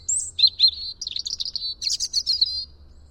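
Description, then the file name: European robin song, a short burst of high sweet notes: a thin high note, then quick varied trills and twitters. "Erithacus rubecula"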